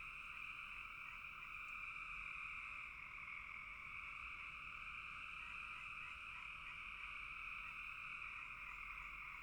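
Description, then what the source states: Many frogs trilling at once, forming a seamless buzzy chorus that barely varies across the whole stretch. Several frogs calling together in a bog.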